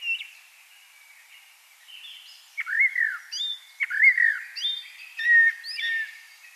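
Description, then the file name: Common blackbird with a few clear fluty, arched notes, each followed by thin high twitters. "Turdus merula"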